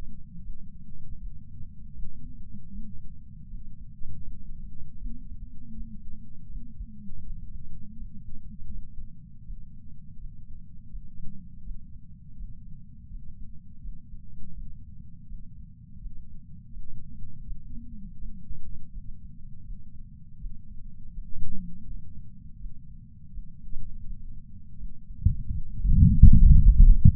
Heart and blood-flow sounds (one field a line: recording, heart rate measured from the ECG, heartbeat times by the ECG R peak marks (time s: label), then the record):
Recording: heart sounds by patch sensor on the chest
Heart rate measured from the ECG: 81 bpm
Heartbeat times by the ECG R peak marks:
0.41 s: heartbeat
1.18 s: heartbeat
1.93 s: heartbeat
2.71 s: heartbeat
3.47 s: heartbeat
4.22 s: heartbeat
4.98 s: heartbeat
5.73 s: heartbeat
6.48 s: heartbeat
7.22 s: heartbeat
7.95 s: heartbeat
8.69 s: heartbeat
9.43 s: heartbeat
10.16 s: heartbeat
10.88 s: heartbeat
11.62 s: heartbeat
12.35 s: heartbeat
13.08 s: heartbeat
13.80 s: heartbeat
14.53 s: heartbeat
15.25 s: heartbeat
15.98 s: heartbeat
16.70 s: heartbeat
17.44 s: heartbeat
18.17 s: heartbeat
18.90 s: heartbeat
19.63 s: heartbeat
20.37 s: heartbeat
21.11 s: heartbeat
21.84 s: heartbeat
22.57 s: heartbeat
23.30 s: heartbeat
24.03 s: heartbeat
24.76 s: heartbeat
25.51 s: heartbeat
26.25 s: heartbeat
27.00 s: heartbeat
From the record:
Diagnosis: coronary artery disease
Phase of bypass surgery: intraoperative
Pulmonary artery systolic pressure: 27 mmHg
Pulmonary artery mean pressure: 22 mmHg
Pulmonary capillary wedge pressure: 12 mmHg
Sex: male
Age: 49 years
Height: 175 cm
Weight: 80 kg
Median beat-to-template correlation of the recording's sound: 0.80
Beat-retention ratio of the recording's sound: 1.00